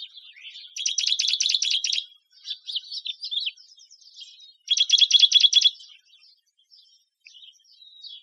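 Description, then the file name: Juniper titmouse giving rapid, buzzy chattering bursts, two loud harsh trills about four seconds apart with softer scratchy notes between them. "JUTI 5 Deviche"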